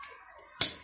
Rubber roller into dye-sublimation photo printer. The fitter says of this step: Yun. Narinig niyo yung pitik.